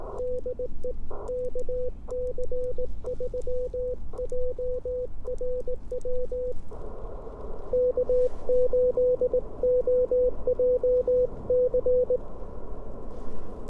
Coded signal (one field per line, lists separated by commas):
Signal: Morse code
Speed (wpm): 18 wpm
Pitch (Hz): 500 Hz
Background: none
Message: DE KC3JRW K8OJC